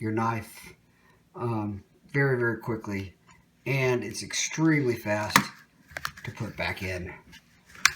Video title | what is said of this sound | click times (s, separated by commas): Leatherman holster mods | um it's not when you're one hand handed but it is when you're on your belt this clicks right in | 7.8 s